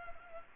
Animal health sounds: mosquito wingbeat signal from an infrared sensor; Culex pipiens

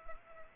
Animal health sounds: mosquito wingbeat signal from an infrared sensor; Culex pipiens

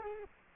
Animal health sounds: mosquito wingbeat signal from an infrared sensor; Culex quinquefasciatus

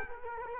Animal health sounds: mosquito wingbeat signal from an infrared sensor; Culex quinquefasciatus

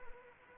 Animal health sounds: mosquito wingbeat signal from an infrared sensor; Anopheles arabiensis

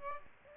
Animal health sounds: mosquito wingbeat signal from an infrared sensor; Aedes aegypti

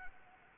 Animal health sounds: mosquito wingbeat signal from an infrared sensor; Anopheles arabiensis

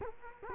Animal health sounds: mosquito wingbeat signal from an infrared sensor; Culex quinquefasciatus

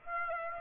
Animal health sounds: mosquito wingbeat signal from an infrared sensor; Aedes aegypti

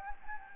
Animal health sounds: mosquito wingbeat signal from an infrared sensor; Anopheles gambiae

